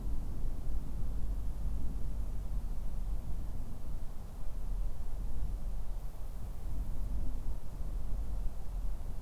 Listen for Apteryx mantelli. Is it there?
no